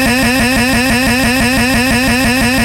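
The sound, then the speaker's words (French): A scooter engine being started on a Sunday evening, turning over with a loud, steady chugging pulse that repeats evenly for a few seconds, with no voices over it. “C'est vrai qu'on l'a pas fait tourner beaucoup ce soir le scooter.”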